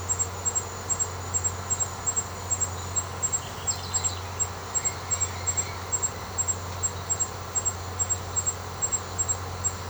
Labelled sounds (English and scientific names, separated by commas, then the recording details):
none
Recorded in secondary vegetation near Puerto Asís, Putumayo, Colombia, on 21 March 2025 at 18:00
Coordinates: 0.468, -76.324
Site G059